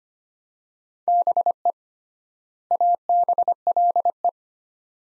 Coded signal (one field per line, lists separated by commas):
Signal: Morse code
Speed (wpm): 25 wpm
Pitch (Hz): 700 Hz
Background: none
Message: BE ABLE